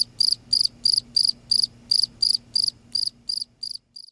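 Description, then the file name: Cricket chirps, bright high-pitched pulses repeated roughly three times a second, growing fainter and sparser toward the end. "cricket insect sound silence"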